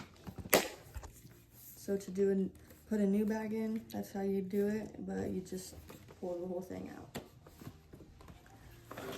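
The strap band clip on a backpack vacuum is clipped back on after the bag is changed, with one sharp click at 0.5 s. Someone then talks, and the clip is seated.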